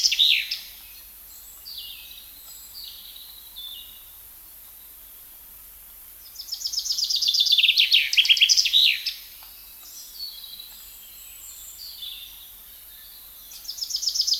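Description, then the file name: Common chaffinch song, one loud strophe of rapid descending trills with a final flourish, fainter phrases before and after, another strophe starting at the end. "Fringilla coelebs"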